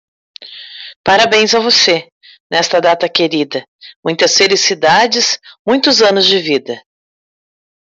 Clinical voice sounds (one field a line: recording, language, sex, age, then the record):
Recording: short text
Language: Brazilian Portuguese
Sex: female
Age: 50 to 59 years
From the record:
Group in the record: control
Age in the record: 50 years